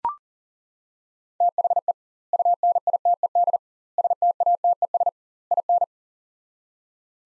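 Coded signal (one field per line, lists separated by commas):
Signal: Morse code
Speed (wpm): 40 wpm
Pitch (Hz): 700 Hz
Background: none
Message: THE UNITED STATES IN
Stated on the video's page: Morse practice at 40 wpm: sets of four words with double word spacing, a word-level Farnsworth-style drill for head-copying.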